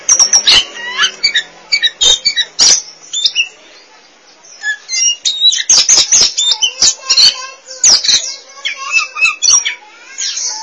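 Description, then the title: Oriental magpie-robin song: long varied phrases of chirps, trills and whistles, a short pause in the middle, then a lively resumption. "Suara Kicauan Burung Kacer"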